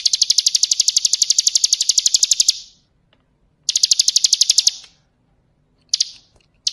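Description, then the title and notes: Bar-winged Prinia singing a long, fast, high-pitched pulsing trill, then a shorter trill and two brief fragments, with quiet gaps between. Ngebren song style, used as a training recording for White-rumped Shamas (magpie-robins). "Ciblek Ngebren Untuk Masteran Murai Batu. Suara Nada"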